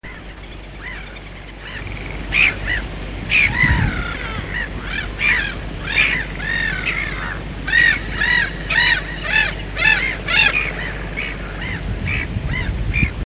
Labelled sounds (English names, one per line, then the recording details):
Black-headed Gull call
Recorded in the wild
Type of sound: call
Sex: group
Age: adult
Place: Hähnichen, Teichgebiet Niederspree, Sachsen, DE
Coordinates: 51.3864, 14.8831
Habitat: ponds
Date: 1957-04-30
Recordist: Meyer, Hugo
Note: Schemsteich: diverse Lautformen